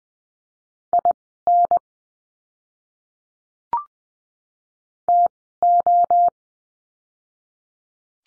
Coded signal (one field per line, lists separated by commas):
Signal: Morse code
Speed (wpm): 20 wpm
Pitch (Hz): 700 Hz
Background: none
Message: IN TO